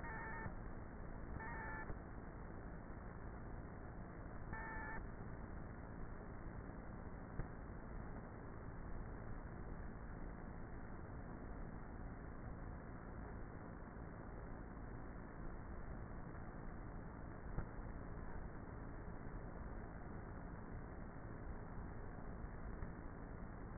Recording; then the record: honeybee colony, microphone inside the hive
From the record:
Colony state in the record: queenless with a low population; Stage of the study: before two queens were removed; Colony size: about 30,000 bees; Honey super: no